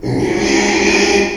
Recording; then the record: squeal of a Yucatan mini pig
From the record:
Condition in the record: after surgery on the right vocal fold (resection and tissue-engineered implant); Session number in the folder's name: 2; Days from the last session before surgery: 13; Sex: male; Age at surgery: 12 weeks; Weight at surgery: 13 kg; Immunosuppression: cyclosporine, prednisolone